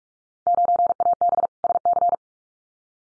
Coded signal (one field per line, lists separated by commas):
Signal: Morse code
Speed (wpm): 46 wpm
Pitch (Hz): 700 Hz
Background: none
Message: 9AB SC